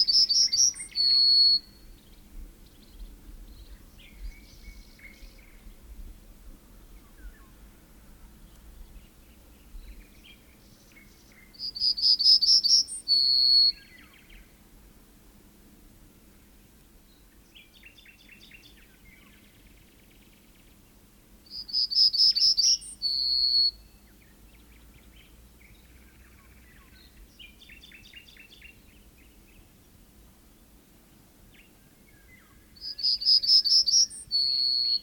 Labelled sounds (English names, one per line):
Yellowhammer song